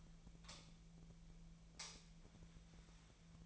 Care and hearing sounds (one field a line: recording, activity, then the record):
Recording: daily activity, microphone in the room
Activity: light on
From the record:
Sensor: 1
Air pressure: 1009.8 hPa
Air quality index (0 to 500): 190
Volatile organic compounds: 18 ppm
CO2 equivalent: 2606 ppm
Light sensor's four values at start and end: 33/85/35/43 and 44/129/53/59